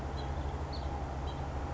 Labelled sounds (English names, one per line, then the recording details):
House Finch
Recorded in Sonoma County, California